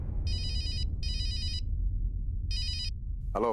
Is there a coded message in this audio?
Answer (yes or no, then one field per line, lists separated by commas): no